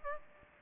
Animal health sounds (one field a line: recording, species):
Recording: mosquito wingbeat signal from an infrared sensor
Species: Aedes aegypti